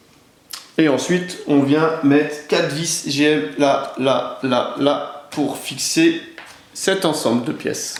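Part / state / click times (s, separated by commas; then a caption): plastic seat assembly into model car interior / seated / 0.5 s. A plastic seat assembly for a 1/8 scale Altaya K2000 model car is pressed into its mount in the car's interior, needing a little force to go through. A single sharp plastic snap at 0.5 s shows it clipping in and seating. Someone then talks over the rest of the clip.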